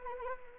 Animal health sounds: mosquito wingbeat signal from an infrared sensor; Anopheles arabiensis

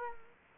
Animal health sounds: mosquito wingbeat signal from an infrared sensor; Culex quinquefasciatus

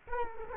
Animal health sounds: mosquito wingbeat signal from an infrared sensor; Culex quinquefasciatus

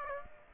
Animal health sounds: mosquito wingbeat signal from an infrared sensor; Aedes aegypti

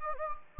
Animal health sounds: mosquito wingbeat signal from an infrared sensor; Anopheles gambiae

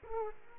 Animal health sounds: mosquito wingbeat signal from an infrared sensor; Aedes aegypti

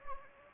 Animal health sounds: mosquito wingbeat signal from an infrared sensor; Anopheles gambiae

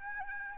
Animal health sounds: mosquito wingbeat signal from an infrared sensor; Aedes albopictus

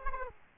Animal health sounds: mosquito wingbeat signal from an infrared sensor; Aedes aegypti

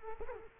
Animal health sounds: mosquito wingbeat signal from an infrared sensor; Culex quinquefasciatus

